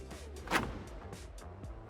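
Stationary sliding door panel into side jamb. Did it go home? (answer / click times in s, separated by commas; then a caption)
no / none. A stationary sliding door panel is slid sideways toward the side jamb, where it will lock with a click. A low rumble and scattered handling noises are heard, with a louder broadband burst around 0.55 seconds. The panel has not seated or clicked into the jamb yet.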